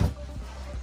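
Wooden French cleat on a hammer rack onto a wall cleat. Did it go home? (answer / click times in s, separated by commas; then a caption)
no / none. A wooden hammer rack with a French cleat is handled as it is brought onto the matching wall cleat. A louder low thump at the very start fades into a steady low hum with faint knocks around 0.4 and 0.75 seconds. Nothing has seated or clicked yet.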